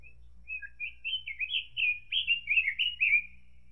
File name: robin robin